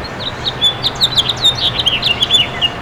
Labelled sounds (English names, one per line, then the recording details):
House Finch song
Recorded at Port Washington on Long Island, New York, on 22 May 2013
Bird A